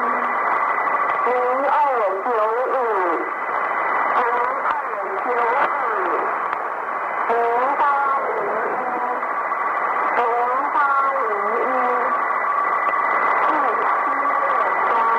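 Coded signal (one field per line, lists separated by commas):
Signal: numbers station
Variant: New Star Broadcasting, Chinese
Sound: a voice reading in short phrases through hissy shortwave static, with faint steady whistles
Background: radio static, heterodyne whistles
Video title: The Conet Project 013 - New Star Broadcasting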